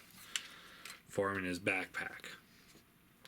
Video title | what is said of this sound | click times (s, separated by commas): Transformers review MMC Carnifex | this will rotate around and you tab that end it all locks into place for | 0.4 s